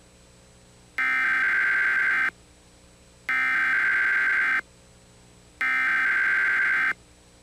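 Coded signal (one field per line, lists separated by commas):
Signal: Emergency Alert System (SAME) tones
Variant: header bursts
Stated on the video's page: Fictional EAS scenario for a Showbiz Pizza story.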